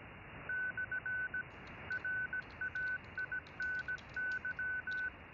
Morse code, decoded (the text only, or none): / RAINY